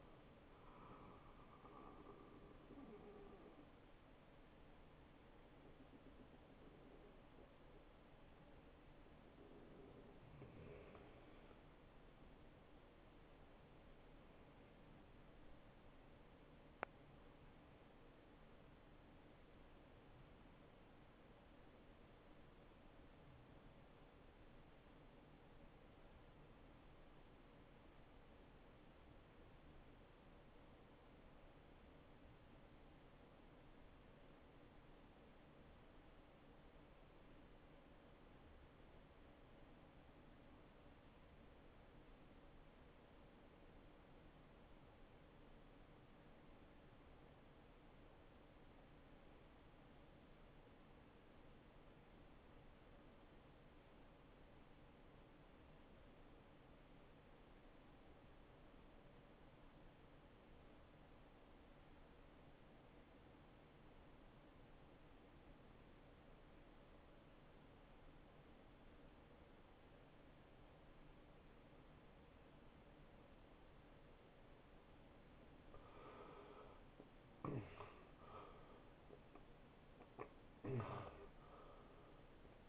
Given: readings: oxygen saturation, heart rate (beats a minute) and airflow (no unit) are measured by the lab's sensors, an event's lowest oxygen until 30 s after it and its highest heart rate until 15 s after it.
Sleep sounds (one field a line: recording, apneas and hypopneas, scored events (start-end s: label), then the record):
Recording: breathing in sleep by a voice recorder at the bedside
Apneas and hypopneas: 1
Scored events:
2.00-82.69 s: new sleep stage, N1 (lightest sleep)
22.00-76.50 s: obstructive apnea (N1, oxygen 95% highest, then 70% lowest, heart rate 78 at the start, 88 highest)
From the record:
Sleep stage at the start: REM sleep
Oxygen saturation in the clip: 69 to 95%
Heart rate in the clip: 55 to 92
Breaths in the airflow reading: 6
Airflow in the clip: -17.1 to 9.1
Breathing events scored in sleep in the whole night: 263 in 5.5 hours asleep